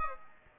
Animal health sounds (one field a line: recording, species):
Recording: mosquito wingbeat signal from an infrared sensor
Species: Aedes albopictus